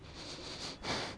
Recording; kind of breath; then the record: one breath in and out by a microphone near the nose and mouth; strong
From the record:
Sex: male